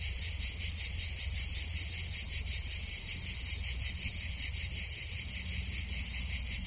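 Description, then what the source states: Shrill cicada chorus, continuous and rasping, beating in fast even pulses, with low-frequency rumble in the background. Several cicadas recorded on 19 August 2007.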